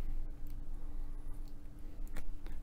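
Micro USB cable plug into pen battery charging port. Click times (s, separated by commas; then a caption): 2.2 s. A micro USB charging cable plug is pushed into the charging port of a vape pen battery. Over a quiet background hum, a few faint ticks come before a sharper click at 2.2 seconds as the plug seats securely in the port.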